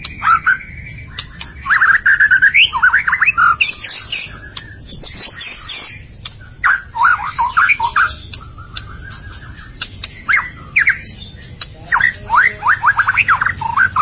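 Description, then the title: White-rumped shama song: varied rich whistles, chattering notes and sharp clicks jumbled together over a low background hum. "Kicau Murai Batu"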